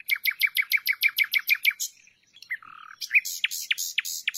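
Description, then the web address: Common nightingale singing a rapid string of identical clipped notes, a brief pause, a lower buzzy note, then several loud sweeping notes. "nachtigall"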